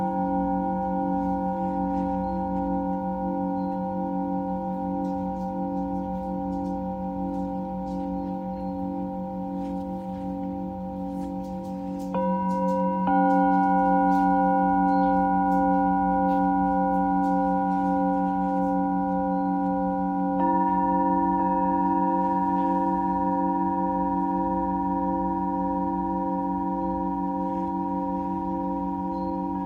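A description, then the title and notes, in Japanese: A singing bowl rings with a sustained, layered tone that wavers in a slow, pulsing beat. Around twelve seconds a fresh strike adds brighter, louder overtones, and another soft strike near twenty seconds refreshes the ring, which otherwise holds steady throughout. お目覚め シンギングボウルサウンドヒーリング。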